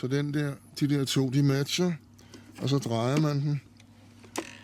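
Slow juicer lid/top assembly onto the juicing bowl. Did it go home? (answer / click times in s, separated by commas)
yes / 4.4 s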